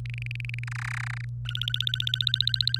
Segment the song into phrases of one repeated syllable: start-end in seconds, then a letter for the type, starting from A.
0.06-0.64 A, 0.67-1.25 B, 1.45-2.79 C